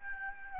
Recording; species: mosquito wingbeat signal from an infrared sensor; Aedes albopictus